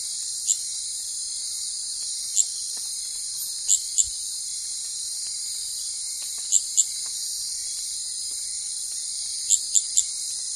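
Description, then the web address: Ross Allen's treefrog giving brief high click notes, singly, in close pairs or in a three, every few seconds, against a constant high-pitched insect drone. Ecuadorian Amazon, South America. "Natures Songs. Frogs of Ecuadorian Amazon Hyla rossalleni"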